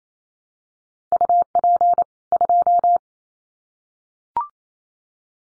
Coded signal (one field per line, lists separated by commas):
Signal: Morse code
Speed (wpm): 28 wpm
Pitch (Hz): 700 Hz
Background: none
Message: UP 2